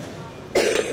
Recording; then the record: coughing mixed with background sound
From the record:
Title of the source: 60 coughing still (deep and wet cough)